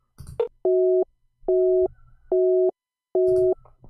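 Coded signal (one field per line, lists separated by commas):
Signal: none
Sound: app call failed beeps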